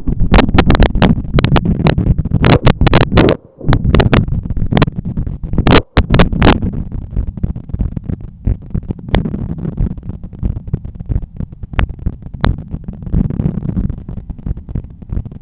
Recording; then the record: heart sounds by stethoscope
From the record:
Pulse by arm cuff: 90 bpm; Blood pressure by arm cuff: 124/79 mmHg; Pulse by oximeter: 93 bpm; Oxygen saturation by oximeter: 96%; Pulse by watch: 96 bpm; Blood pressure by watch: 133/88 mmHg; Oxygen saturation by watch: 96%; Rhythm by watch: sinus rhythm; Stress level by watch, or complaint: low stress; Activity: after 10 min smoking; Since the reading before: plus 200 steps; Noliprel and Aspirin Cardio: after pills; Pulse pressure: 45 mmHg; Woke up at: 7:50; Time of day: 16:35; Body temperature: 36 C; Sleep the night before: 7 h 52 min, score 75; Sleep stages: REM 24%, light 55%, deep 12%, awake 9%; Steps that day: 9500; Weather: sunny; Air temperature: 23.3 C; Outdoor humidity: 52%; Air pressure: 1013 hPa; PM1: 4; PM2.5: 7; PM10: 8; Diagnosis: hypertension, treated with Noliprel and Aspirin Cardio 100 mg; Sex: male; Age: 53 years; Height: 174 cm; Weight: 81 kg